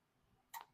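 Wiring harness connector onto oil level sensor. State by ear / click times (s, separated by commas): seated / 0.5 s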